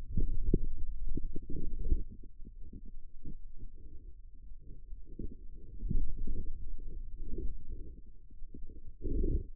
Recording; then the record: forearm muscle sounds (acoustic myography)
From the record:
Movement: finger pinch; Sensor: system 2, bracelet of six BSWA MPA416 microphones around the upper forearm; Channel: 6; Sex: male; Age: 22 years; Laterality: right